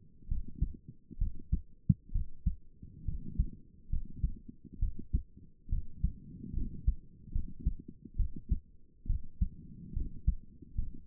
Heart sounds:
heart sounds by stethoscope; 69 bpm
0.28 s: heartbeat
1.18 s: heartbeat
2.12 s: heartbeat
3.05 s: heartbeat
3.89 s: heartbeat
4.79 s: heartbeat
5.69 s: heartbeat
6.53 s: heartbeat
7.32 s: heartbeat
8.16 s: heartbeat
9.06 s: heartbeat
9.93 s: heartbeat
10.75 s: heartbeat
From the record:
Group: healthy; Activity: rest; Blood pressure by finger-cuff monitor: 118/65 mmHg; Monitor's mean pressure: 83 mmHg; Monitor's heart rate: 68 bpm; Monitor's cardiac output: 6.6 L/min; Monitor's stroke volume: 97 mL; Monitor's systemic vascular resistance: 910 dyn s/cm5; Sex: female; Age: 22 years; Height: 154 cm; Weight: 58.7 kg

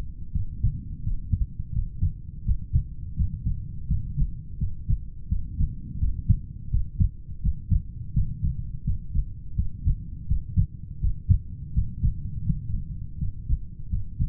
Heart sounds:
heart sounds by stethoscope; 84 bpm
0.31 s: heartbeat
1.07 s: heartbeat
1.71 s: heartbeat
2.43 s: heartbeat
3.14 s: heartbeat
3.86 s: heartbeat
4.57 s: heartbeat
5.27 s: heartbeat
5.98 s: heartbeat
6.69 s: heartbeat
7.40 s: heartbeat
8.12 s: heartbeat
8.83 s: heartbeat
9.54 s: heartbeat
10.26 s: heartbeat
10.99 s: heartbeat
11.72 s: heartbeat
12.45 s: heartbeat
13.17 s: heartbeat
13.88 s: heartbeat
From the record:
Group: heart failure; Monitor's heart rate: 77 bpm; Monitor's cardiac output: 16.5 L/min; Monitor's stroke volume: 150 mL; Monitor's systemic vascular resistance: 2500 dyn s/cm5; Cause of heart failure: idiopathic cardiomyopathy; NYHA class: 2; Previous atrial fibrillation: present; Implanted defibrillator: present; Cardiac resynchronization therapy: present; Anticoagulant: warfarin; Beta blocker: metoprolol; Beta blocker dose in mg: 50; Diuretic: furosemide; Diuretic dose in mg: 40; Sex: male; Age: 62 years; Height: 184 cm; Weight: 101 kg

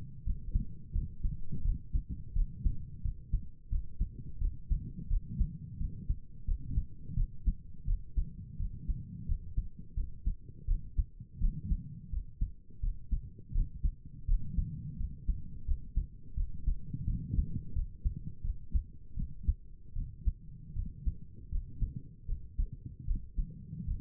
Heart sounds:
heart sounds by stethoscope; 84 bpm
0.25 s: heartbeat
0.93 s: heartbeat
1.63 s: heartbeat
2.34 s: heartbeat
3.03 s: heartbeat
3.70 s: heartbeat
4.40 s: heartbeat
5.09 s: heartbeat
5.79 s: heartbeat
6.46 s: heartbeat
7.16 s: heartbeat
7.86 s: heartbeat
8.58 s: heartbeat
9.27 s: heartbeat
9.96 s: heartbeat
10.67 s: heartbeat
11.40 s: heartbeat
12.11 s: heartbeat
12.82 s: heartbeat
13.54 s: heartbeat
14.27 s: heartbeat
14.98 s: heartbeat
15.66 s: heartbeat
16.36 s: heartbeat
17.06 s: heartbeat
17.74 s: heartbeat
18.43 s: heartbeat
19.16 s: heartbeat
19.95 s: heartbeat
20.75 s: heartbeat
21.51 s: heartbeat
22.28 s: heartbeat
23.07 s: heartbeat
23.87 s: heartbeat
From the record:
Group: healthy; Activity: rest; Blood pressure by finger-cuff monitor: 103/70 mmHg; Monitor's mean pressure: 78 mmHg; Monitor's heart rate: 86 bpm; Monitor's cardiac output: 6.4 L/min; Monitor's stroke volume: 75 mL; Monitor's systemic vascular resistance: 880 dyn s/cm5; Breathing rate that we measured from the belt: 20 breaths a minute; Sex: female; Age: 22 years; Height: 163 cm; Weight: 67.1 kg

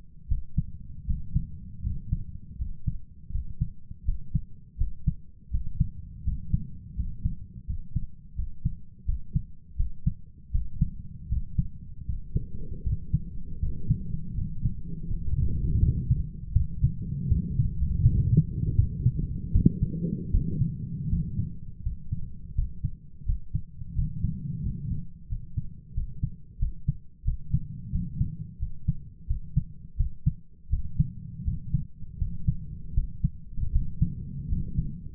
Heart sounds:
heart sounds by stethoscope; 82 bpm
0.27 s: heartbeat
1.05 s: heartbeat
1.82 s: heartbeat
2.57 s: heartbeat
3.30 s: heartbeat
4.04 s: heartbeat
4.76 s: heartbeat
5.50 s: heartbeat
6.23 s: heartbeat
6.95 s: heartbeat
7.65 s: heartbeat
8.34 s: heartbeat
9.04 s: heartbeat
9.75 s: heartbeat
10.50 s: heartbeat
11.27 s: heartbeat
12.04 s: heartbeat
12.82 s: heartbeat
13.58 s: heartbeat
14.33 s: heartbeat
15.06 s: heartbeat
15.79 s: heartbeat
16.52 s: heartbeat
17.27 s: heartbeat
18.01 s: heartbeat
18.75 s: heartbeat
19.51 s: heartbeat
20.30 s: heartbeat
21.08 s: heartbeat
21.82 s: heartbeat
22.54 s: heartbeat
23.24 s: heartbeat
23.94 s: heartbeat
24.61 s: heartbeat
25.27 s: heartbeat
25.93 s: heartbeat
26.58 s: heartbeat
27.23 s: heartbeat
27.90 s: heartbeat
28.58 s: heartbeat
29.26 s: heartbeat
29.96 s: heartbeat
30.69 s: heartbeat
31.43 s: heartbeat
32.17 s: heartbeat
32.93 s: heartbeat
33.71 s: heartbeat
34.48 s: heartbeat
From the record:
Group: healthy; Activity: cold pressor test 0-13 s, rest 13-35 s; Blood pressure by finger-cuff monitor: 93/61 mmHg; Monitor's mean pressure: 69 mmHg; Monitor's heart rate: 81 bpm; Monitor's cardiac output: 7.4 L/min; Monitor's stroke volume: 86 mL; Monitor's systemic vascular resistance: 700 dyn s/cm5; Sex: male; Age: 23 years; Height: 178 cm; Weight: 96.6 kg

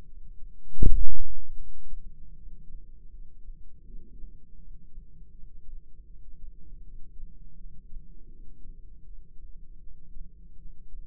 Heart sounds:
heart sounds by microphone in the right ear; 80 bpm
0.05 s: heartbeat
0.80 s: heartbeat
1.56 s: heartbeat
2.33 s: heartbeat
3.08 s: heartbeat
3.82 s: heartbeat
4.55 s: heartbeat
5.31 s: heartbeat
6.06 s: heartbeat
6.82 s: heartbeat
7.55 s: heartbeat
8.27 s: heartbeat
9.02 s: heartbeat
9.79 s: heartbeat
10.57 s: heartbeat
From the record:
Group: healthy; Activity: rest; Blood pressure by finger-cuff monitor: 164/111 mmHg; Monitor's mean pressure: 131 mmHg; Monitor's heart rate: 80 bpm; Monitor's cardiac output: 4.7 L/min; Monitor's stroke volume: 58 mL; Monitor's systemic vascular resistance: 2100 dyn s/cm5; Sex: female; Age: 51 years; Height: 162 cm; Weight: 70.04 kg

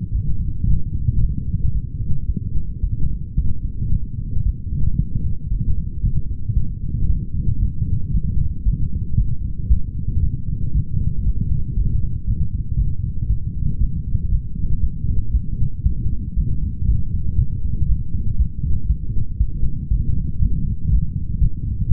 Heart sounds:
heart sounds by stethoscope; 116 bpm
0.12 s: heartbeat
0.66 s: heartbeat
1.20 s: heartbeat
1.73 s: heartbeat
2.27 s: heartbeat
2.82 s: heartbeat
3.36 s: heartbeat
3.90 s: heartbeat
4.44 s: heartbeat
4.98 s: heartbeat
5.50 s: heartbeat
6.02 s: heartbeat
6.55 s: heartbeat
7.08 s: heartbeat
7.61 s: heartbeat
8.13 s: heartbeat
8.65 s: heartbeat
9.17 s: heartbeat
9.69 s: heartbeat
10.22 s: heartbeat
10.74 s: heartbeat
11.25 s: heartbeat
11.76 s: heartbeat
12.26 s: heartbeat
12.78 s: heartbeat
13.28 s: heartbeat
13.80 s: heartbeat
14.31 s: heartbeat
14.82 s: heartbeat
15.33 s: heartbeat
15.85 s: heartbeat
16.36 s: heartbeat
16.87 s: heartbeat
17.38 s: heartbeat
17.88 s: heartbeat
18.38 s: heartbeat
18.88 s: heartbeat
19.39 s: heartbeat
19.90 s: heartbeat
20.40 s: heartbeat
20.90 s: heartbeat
21.40 s: heartbeat
21.90 s: heartbeat
From the record:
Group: healthy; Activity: light exercise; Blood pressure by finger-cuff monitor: 129/80 mmHg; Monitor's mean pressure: 96 mmHg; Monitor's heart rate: 116 bpm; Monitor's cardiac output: 8.6 L/min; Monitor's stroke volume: 76 mL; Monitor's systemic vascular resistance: 820 dyn s/cm5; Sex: female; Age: 37 years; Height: 168 cm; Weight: 70 kg

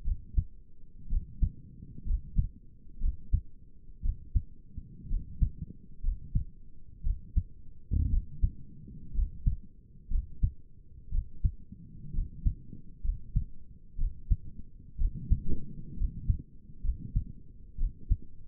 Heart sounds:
heart sounds by stethoscope; 61 bpm
0.05 s: heartbeat
1.10 s: heartbeat
2.07 s: heartbeat
3.01 s: heartbeat
4.03 s: heartbeat
5.10 s: heartbeat
6.04 s: heartbeat
7.04 s: heartbeat
8.11 s: heartbeat
9.15 s: heartbeat
10.11 s: heartbeat
11.12 s: heartbeat
12.14 s: heartbeat
13.04 s: heartbeat
13.99 s: heartbeat
14.99 s: heartbeat
15.97 s: heartbeat
16.84 s: heartbeat
17.79 s: heartbeat
From the record:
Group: healthy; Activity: rest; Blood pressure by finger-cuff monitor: 72/48 mmHg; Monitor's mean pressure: 58 mmHg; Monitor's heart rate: 61 bpm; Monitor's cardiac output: 5.4 L/min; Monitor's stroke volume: 90 mL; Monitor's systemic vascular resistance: 740 dyn s/cm5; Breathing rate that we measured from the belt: 17 breaths a minute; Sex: male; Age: 22 years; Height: 181 cm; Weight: 79 kg

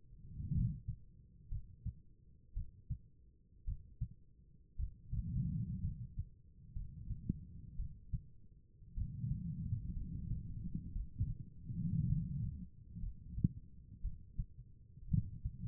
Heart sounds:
heart sounds by stethoscope; 58 bpm
0.52 s: heartbeat
1.49 s: heartbeat
2.53 s: heartbeat
3.65 s: heartbeat
4.76 s: heartbeat
5.81 s: heartbeat
6.73 s: heartbeat
7.76 s: heartbeat
8.94 s: heartbeat
9.93 s: heartbeat
10.92 s: heartbeat
12.07 s: heartbeat
13.00 s: heartbeat
14.02 s: heartbeat
15.09 s: heartbeat
From the record:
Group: healthy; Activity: cold pressor test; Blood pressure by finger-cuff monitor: 95/57 mmHg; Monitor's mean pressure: 70 mmHg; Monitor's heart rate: 58 bpm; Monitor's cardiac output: 4.6 L/min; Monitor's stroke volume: 81 mL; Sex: female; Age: 36 years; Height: 163 cm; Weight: 88 kg

